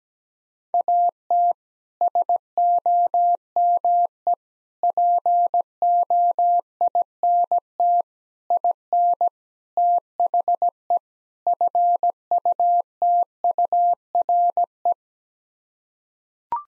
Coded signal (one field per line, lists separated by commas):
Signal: Morse code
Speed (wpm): 17 wpm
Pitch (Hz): 700 Hz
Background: none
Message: AT SOME POINT IN THE FUTURE